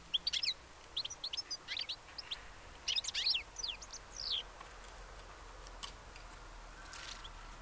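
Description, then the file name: European goldfinch calls: quick runs of liquid, twittering high notes in the first half, then quieter with scattered faint chips. "Carduelis carduelis"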